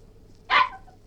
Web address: Cairn Terrier yelping,whining & barking. Sound Effects-BBC. BBC Historical